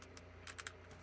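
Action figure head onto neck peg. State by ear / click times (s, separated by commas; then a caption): seated / 0.7 s. The plastic head of a NECA Ultimate Count Dracula action figure from Horror of Dracula (1958) is pushed onto its neck peg. A series of small, sharp plastic clicks over a steady low hum ends in the loudest snap at 0.7 s. The head pops into place and is seated.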